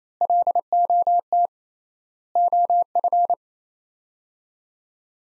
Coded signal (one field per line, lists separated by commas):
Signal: Morse code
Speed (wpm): 28 wpm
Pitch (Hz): 700 Hz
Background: none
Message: LOT OF